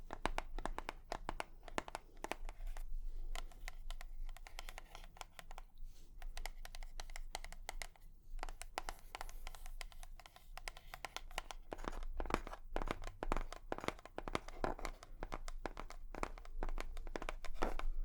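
Quick, dense tapping with crinkly, papery clicks, sometimes in rapid bursts and briefly easing around eight seconds.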